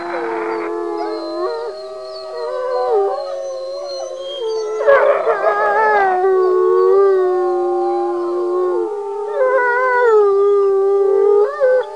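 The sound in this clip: Wolf: wolves howling together in a chorus, several long overlapping wavering tones at different pitches, some sliding up and down, continuing for the whole stretch with brief rougher bursts.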